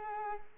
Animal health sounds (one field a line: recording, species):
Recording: mosquito wingbeat signal from an infrared sensor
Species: Culex pipiens